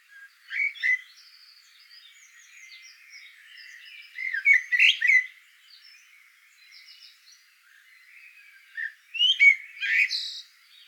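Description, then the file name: Eurasian blackbird calls: scattered squeaky, chirping notes in short bursts, loudest near five and ten seconds, with quieter thin notes between. "Turdus merula"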